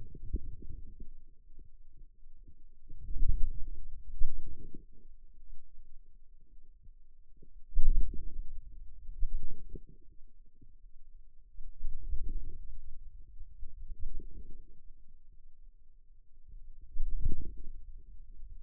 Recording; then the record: forearm muscle sounds (acoustic myography)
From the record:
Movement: wrist flexion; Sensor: system 2, bracelet of six BSWA MPA416 microphones around the upper forearm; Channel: 5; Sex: male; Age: 22 years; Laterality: right